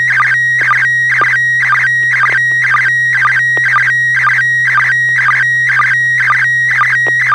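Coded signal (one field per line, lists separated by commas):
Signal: SSTV (slow-scan television)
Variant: PD120 mode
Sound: steady whistle tone alternating twice a second with rapid warbling chirpy tones and low beeps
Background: low electrical hum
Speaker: affirmative kp family pictures coming over pd 120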